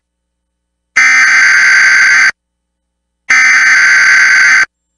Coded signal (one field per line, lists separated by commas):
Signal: Emergency Alert System (SAME) tones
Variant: header bursts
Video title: EAS Severe Thunderstorm Warning Grand Marias Boundry Waters/Lake Superior NOAA Weather Radio KXI43